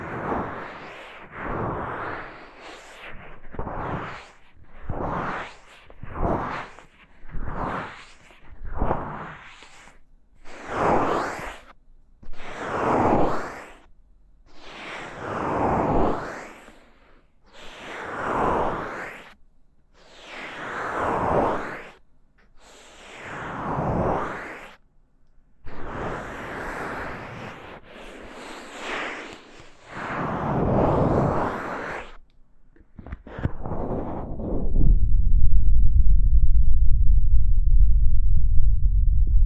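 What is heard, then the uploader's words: Ear cleaning with soft brushing strokes, a steady series of rhythmic swishing sweeps every two seconds, slowing near the end before a low steady hum takes over. ASMR×KU100. 掏耳．梵天．馬尾絲. Deep Ear Cleaning.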